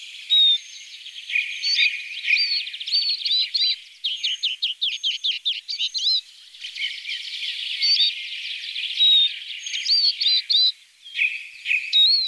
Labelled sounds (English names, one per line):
Eurasian Siskin song